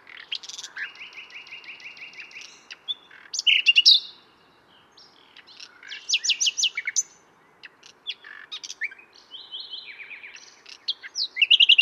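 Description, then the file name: Common nightingale song with long rattling series of evenly repeated notes, harsh bursts and brief whistles, phrases separated by short silences. "Luscinia megarhynchos"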